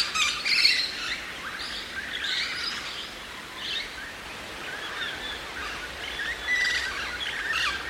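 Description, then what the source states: Musk Lorikeet calls as bursts of harsh, high screeching notes scattered throughout. Kings Plain National Park, New South Wales, Australia, on Narrabul Country.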